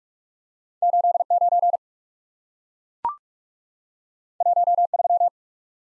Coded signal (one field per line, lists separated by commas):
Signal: Morse code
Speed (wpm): 44 wpm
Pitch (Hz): 700 Hz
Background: none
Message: 8 9 1 3